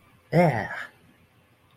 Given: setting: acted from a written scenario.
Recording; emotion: vocal sound without words; triumph